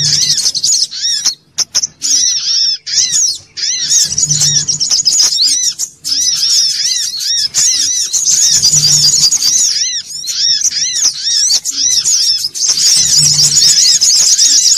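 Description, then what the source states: Little spiderhunter song, rapid shrill chirps and busy high trills pouring out almost without pause, interrupted by a few brief drops, with a low hum recurring. Bird-training (masteran) song.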